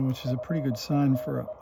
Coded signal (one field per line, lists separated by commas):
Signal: Morse code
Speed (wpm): 21 wpm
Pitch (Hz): 620 Hz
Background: speech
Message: FED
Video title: HB-1B Low Transmit Power #10 - Back to where we started - “bad” radio transmit stage checks